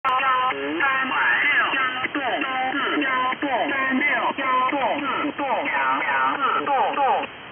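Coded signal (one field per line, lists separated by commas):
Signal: numbers station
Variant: VC01 Chinese Robot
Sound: fast, evenly spaced synthetic-sounding spoken syllables over band-limited radio audio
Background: radio static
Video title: Chinese Robot number station VC01 | Signal Phantom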